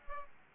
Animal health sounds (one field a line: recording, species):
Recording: mosquito wingbeat signal from an infrared sensor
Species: Aedes aegypti